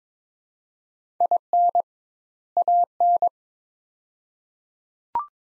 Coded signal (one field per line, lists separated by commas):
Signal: Morse code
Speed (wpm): 22 wpm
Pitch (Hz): 700 Hz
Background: none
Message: IN AN